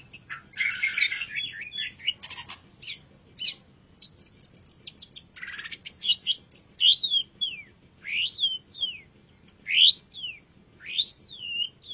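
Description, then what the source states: Long-tailed shrike song: a harsh burst, then quick high notes, then spaced, sharp rising-and-falling slurred whistles. Indonesian name cendet; labelled masteran, a tutor recording of the song.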